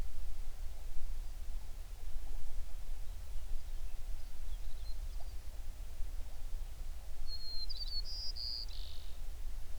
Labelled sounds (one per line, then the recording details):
songbird
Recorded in the Prudhoe Bay oil fields, Alaska, on 11 June 2019 at 04:54
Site 21